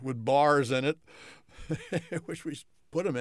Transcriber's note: chuckles